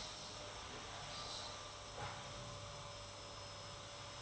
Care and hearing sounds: daily activity, microphone in the room; vacuum cleaning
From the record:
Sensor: 3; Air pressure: 991.8 hPa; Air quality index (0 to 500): 196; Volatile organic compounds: 1000 ppm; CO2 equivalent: 6627 ppm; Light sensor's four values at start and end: 32/95/38/33 and 32/95/38/33

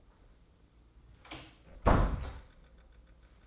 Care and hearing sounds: daily activity, microphone in the room; close door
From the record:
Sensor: 3

